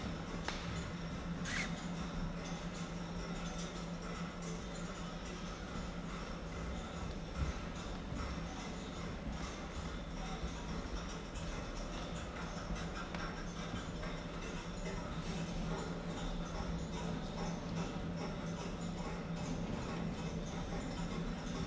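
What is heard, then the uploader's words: Inside a clock and watch room, a steady low hum fills the space, with faint voices and occasional sharp clicks near the start and middle. Clocks and watches room sound, National Gallery - London, UK. Clocks and watches room, National Gallery - London, UK.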